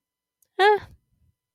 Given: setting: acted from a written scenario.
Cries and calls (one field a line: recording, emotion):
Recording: vocal sound without words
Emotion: neutral